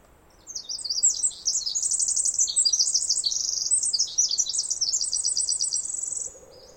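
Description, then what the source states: Pacific wren pouring out a long, rapid song of high trills and bubbling notes for nearly six seconds; a brief faint low tone near the end. Sang about 20 minutes in trees above the microphone, then flew down closer, very loud; Snider Jackson/Rugged Ridge trail, May 11-13 2018, morning after dawn chorus; unmastered recording.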